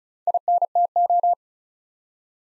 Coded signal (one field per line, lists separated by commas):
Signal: Morse code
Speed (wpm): 36 wpm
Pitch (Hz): 700 Hz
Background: none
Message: INTO